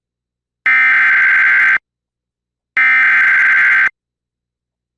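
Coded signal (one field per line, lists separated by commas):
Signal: Emergency Alert System (SAME) tones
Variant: header bursts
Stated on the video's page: Severe thunderstorm warning relayed on TV, audio monitored via an EAS relay network.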